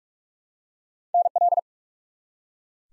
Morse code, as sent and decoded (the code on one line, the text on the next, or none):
-. .-..
NL